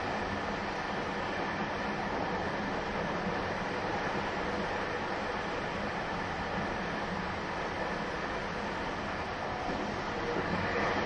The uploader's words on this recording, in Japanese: 225系 700 新快速23号 01/01:野洲～姫路。有料座席＂Aシート＂専用車両として新造された車両が225系-700です。その車両のロングラン運転となる＂新快速23号＂の列車走行音(静止画)です。収録年月:2023,12。